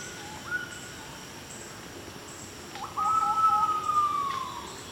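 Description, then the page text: Pheasant pigeon call: one long, clear, even whistle held for over a second and slightly falling at the end, with insects buzzing high in the background. "Niels Krabbe - Фазановый голубь (Otidiphaps nobilis)"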